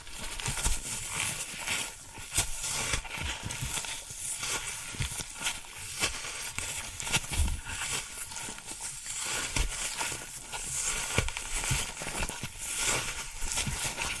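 Floral foam being handled gives a dense, steady run of crisp crackling and crunching. Sharp clicks and brief snaps come several times a second, with bright hiss throughout and occasional low thumps, as near 7 seconds. Loudness stays fairly even across the clip.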